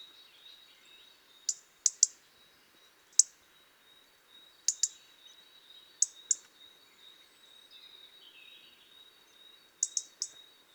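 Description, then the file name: European robin giving sharp, clicking tick calls singly, in pairs or in threes at irregular intervals, with a faint steady high tone in the background. "Erithacus rubecula"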